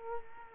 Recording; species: mosquito wingbeat signal from an infrared sensor; Culex quinquefasciatus